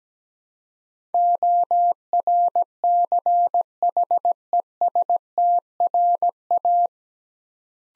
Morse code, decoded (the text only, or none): ORCHESTRA